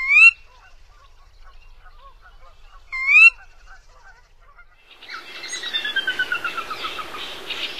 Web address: Songs of Birds of North America. Sora